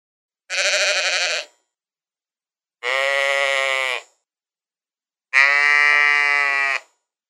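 Sheep bleating, three long wavering bleats with short pauses between, the last one louder and longer; no other sounds.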